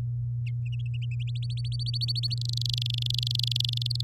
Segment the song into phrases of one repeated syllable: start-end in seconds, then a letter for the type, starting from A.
1.27-2.34 A, 2.37-4.01 B